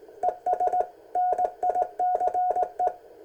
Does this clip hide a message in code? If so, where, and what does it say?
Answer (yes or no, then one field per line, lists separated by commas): yes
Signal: Morse code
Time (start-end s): 0.2-2.9 s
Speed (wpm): 19 wpm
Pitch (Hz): 720 Hz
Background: none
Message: ES NICE